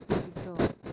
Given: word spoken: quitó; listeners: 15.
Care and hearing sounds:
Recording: one Spanish word in noise, from a listening test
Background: noise modulated by one talker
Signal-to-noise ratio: -12.3 dB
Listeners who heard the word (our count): 0 of 15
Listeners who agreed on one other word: 6 of 15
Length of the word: 0.52 s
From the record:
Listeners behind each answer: 6, 2, 1, 1, 1, 1, 1, 1, 1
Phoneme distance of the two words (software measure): 17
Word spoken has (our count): 2 syllables, 4 phonemes, stress on syllable 2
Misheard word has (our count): 2 syllables, 5 phonemes, stress on syllable 2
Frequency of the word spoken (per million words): 11.01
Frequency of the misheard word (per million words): 21.46

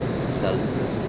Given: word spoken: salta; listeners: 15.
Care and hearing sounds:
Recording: one Spanish word in noise, from a listening test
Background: speech-shaped noise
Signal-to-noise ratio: -5.9 dB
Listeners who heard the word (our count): 0 of 15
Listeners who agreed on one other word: 8 of 15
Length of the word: 0.68 s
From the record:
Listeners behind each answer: 8, 4, 1, 1, 1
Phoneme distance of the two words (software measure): 10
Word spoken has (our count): 2 syllables, 5 phonemes, stress on syllable 1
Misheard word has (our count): 2 syllables, 5 phonemes, stress on syllable 1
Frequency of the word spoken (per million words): 13.14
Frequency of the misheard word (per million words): 30.14

